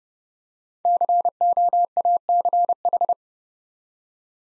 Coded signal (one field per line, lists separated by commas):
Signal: Morse code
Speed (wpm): 28 wpm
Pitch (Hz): 700 Hz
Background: none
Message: COACH